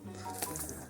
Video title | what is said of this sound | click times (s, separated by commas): JUST TRANSFORM IT!: Fans Toys Erase, Loudspeaker & Amplifier (Eject, Steeljaw & Ramhorn) | Just extend it until it all clicks into place. | 0.4 s, 0.6 s